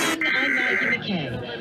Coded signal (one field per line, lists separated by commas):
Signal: Emergency Alert System (SAME) tones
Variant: header bursts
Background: speech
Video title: Los Angeles Required Monthly Tests (EAS #3296-3341) 2/23/21